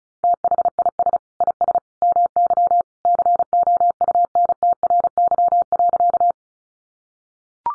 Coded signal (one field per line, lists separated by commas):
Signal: Morse code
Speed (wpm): 34 wpm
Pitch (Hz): 700 Hz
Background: none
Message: THIS IS MY COUNTRY.